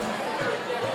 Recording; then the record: coughing mixed with background sound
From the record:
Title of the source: Cough Around the Clock!